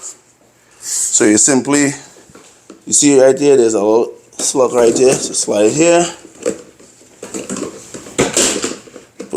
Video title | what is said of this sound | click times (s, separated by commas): Milwaukee M18 Fuel 6 Gallon Wet/Dry Vacuum #milwaukeetool #AIR-TIP™ 3-in-1 Crevice and Brush Tool | put it in place then it locks to the back | 8.2 s